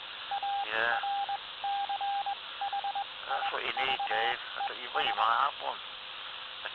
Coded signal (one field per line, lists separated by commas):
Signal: Morse code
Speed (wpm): 21 wpm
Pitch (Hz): 800 Hz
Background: speech, radio noise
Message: ARCHIVES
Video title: 019 01 09 NW HAM